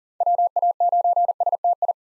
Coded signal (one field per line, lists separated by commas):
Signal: Morse code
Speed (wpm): 40 wpm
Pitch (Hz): 700 Hz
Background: none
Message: WA9STI